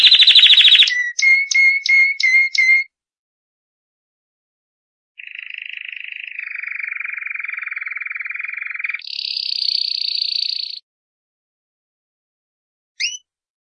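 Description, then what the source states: Canary song, a fast rolled trill, then quick repeated chirps, a silence, then several sustained trills at changing pitches and a final short note. Champion canary.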